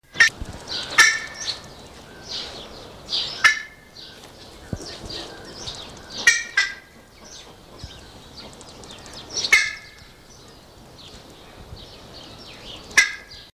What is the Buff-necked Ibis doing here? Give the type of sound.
call